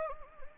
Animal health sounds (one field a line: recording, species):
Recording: mosquito wingbeat signal from an infrared sensor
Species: Anopheles gambiae